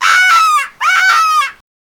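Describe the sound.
Bird giving two loud, nasal, harmonic-rich calls, each under a second long and slightly falling at the end, separated by a brief pause.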